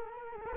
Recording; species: mosquito wingbeat signal from an infrared sensor; Culex quinquefasciatus